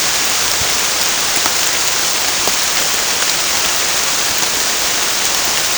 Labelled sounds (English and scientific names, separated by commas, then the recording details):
none
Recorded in dense forest near Puerto Asís, Putumayo, Colombia, on 29 June 2025 at 13:00
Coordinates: 0.481, -76.323
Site G072